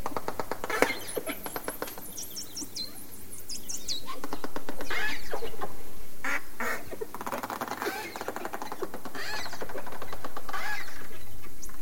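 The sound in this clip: Dolphin calls, chirpy whistle sweeps and buzzing pulsed bursts alternating in irregular groups, with a steady low hum underneath.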